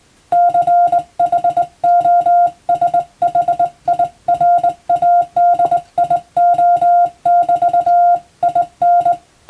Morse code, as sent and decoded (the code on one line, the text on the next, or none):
-.-. .... --- ... .... .. .-. .- -.. .. --- -...- / .. -.
CHOSHIRADIO<BT> IN